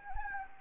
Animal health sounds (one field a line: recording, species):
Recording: mosquito wingbeat signal from an infrared sensor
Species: Anopheles gambiae